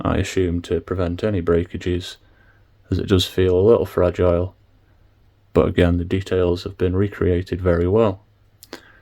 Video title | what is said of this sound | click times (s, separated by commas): Star Wars The Black Series - AT-RT - Action Figure Review - Veilstoystore | So, this will just snap into place of its own accord | 8.6 s, 8.7 s